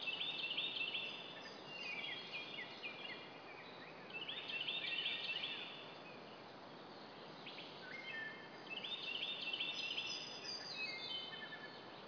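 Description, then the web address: Bird chirping in bursts of high twittering notes, with pauses between flurries and constant background hiss. "hlworld birdchirps"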